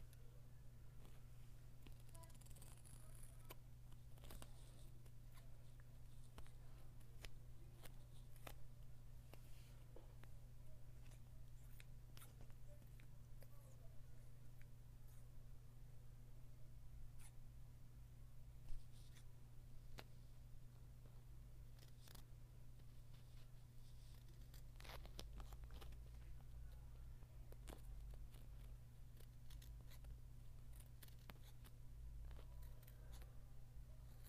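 A book being tapped gives short, dry clicks and taps scattered irregularly across the clip, with denser clusters around 3–9 and 23–27 seconds and one slightly louder tap near 19 seconds. Beneath them runs a steady low hum throughout.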